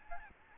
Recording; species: mosquito wingbeat signal from an infrared sensor; Aedes albopictus